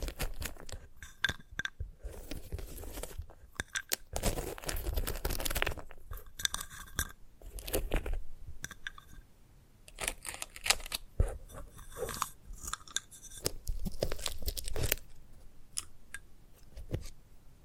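Dry crackling and crunching sounds from handling a sunflower head, in dense clusters of sharp snaps and rustles. A longer scraping, tearing burst comes around four to five seconds, and louder crunches bunch together between ten and fifteen seconds before the sounds thin out into scattered clicks.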